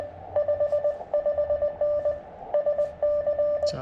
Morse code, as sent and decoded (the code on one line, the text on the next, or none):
..... ..... -. / ... -.-.
55N SC